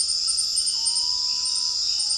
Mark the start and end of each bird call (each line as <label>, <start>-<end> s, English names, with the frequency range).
Common Potoo (0.2-1.2 kHz), 0.62-2.17 s